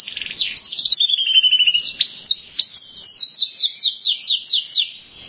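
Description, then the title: Canary song opening with a fast trill, then a long drawn-out whistle, followed by evenly spaced bright downslurred notes that fade toward the end. "Kenari"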